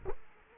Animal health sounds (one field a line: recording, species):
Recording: mosquito wingbeat signal from an infrared sensor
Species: Culex quinquefasciatus